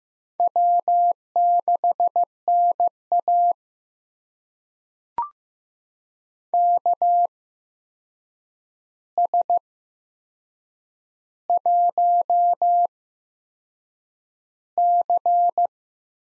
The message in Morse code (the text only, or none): W6NA KS1C